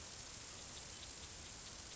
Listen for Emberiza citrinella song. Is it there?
no